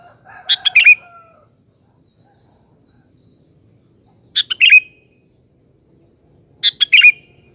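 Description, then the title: Sooty-headed bulbul delivering three quick bubbling phrases about two to four seconds apart, the first overlapping a softer falling whistle. "Kutilang"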